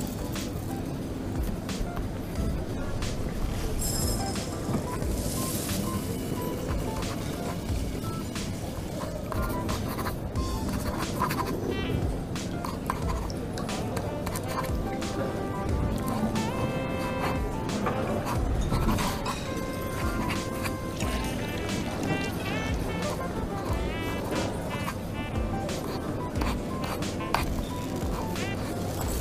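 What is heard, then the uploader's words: Coffee shop ambience with a steady, dense murmur of low voices and rumble filling the whole 29 seconds. Frequent short clinks and clatters of dishes and cups pop out on top, with a brighter hiss around five seconds and near the end. Coffee shop ambience. Voices. Cutlery.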